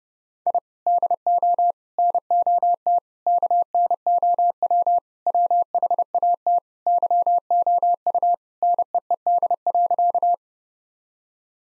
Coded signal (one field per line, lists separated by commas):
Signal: Morse code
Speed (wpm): 30 wpm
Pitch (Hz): 700 Hz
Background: none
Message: I DO NOT KNOW WHAT YOU NEED.